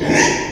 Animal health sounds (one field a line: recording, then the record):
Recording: squeal of a Yucatan mini pig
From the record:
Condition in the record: before surgery on the right vocal fold (resection and tissue-engineered implant)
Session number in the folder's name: 1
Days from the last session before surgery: -3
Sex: male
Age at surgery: 12 weeks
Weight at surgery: 13 kg